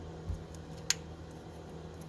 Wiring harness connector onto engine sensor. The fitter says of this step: Next, you can go ahead and plug in your sensor here. Until you hear it click.